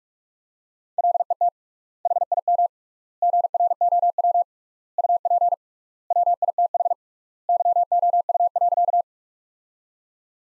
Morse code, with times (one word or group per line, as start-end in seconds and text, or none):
1.0-1.5 LET
2.1-2.7 HIM
3.2-4.4 GROW
5.0-5.5 UP
6.1-6.9 WITH
7.5-9.0 YOU.